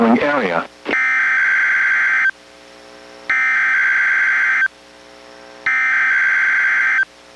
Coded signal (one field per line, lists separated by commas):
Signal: Emergency Alert System (SAME) tones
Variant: header bursts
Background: speech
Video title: EAS #728: NWR Required Weekly Test- Dec. 21, 2022- 11:07AM PST